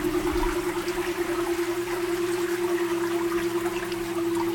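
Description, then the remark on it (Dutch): An electric boat motor hums softly and steadily at a low, even pitch, with no diesel or petrol engine roar, as the boat sets off from the Polenpleerts on the Rijtmaroute, an electric-only route in Friesland; a constant wash of water runs underneath. No voices. “Ja, dit is elektrisch varen. Geen geronk van diesel of benzinemotoren, maar een zacht zoemend geluid om vooruit te komen.”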